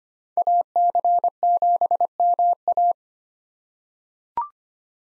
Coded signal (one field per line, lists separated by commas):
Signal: Morse code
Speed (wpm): 25 wpm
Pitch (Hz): 700 Hz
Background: none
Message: AC7MA